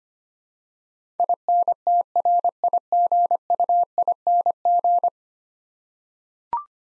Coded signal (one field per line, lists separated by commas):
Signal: Morse code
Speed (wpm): 25 wpm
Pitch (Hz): 700 Hz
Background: none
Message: INTRIGUING